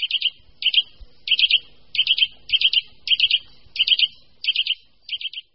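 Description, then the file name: Eurasian nuthatch calls: short, high, clipped notes in tight groups of three or four, repeated at a steady pace against a quiet background. "Brhlík-lesní"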